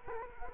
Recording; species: mosquito wingbeat signal from an infrared sensor; Culex quinquefasciatus